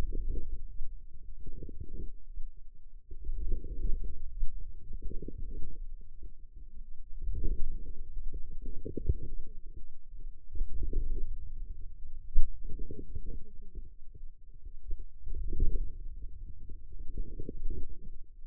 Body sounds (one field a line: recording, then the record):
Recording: forearm muscle sounds (acoustic myography)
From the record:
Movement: wrist flexion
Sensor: system 2, bracelet of six BSWA MPA416 microphones around the upper forearm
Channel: 5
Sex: female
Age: 21 years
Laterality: right